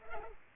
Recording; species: mosquito wingbeat signal from an infrared sensor; Culex pipiens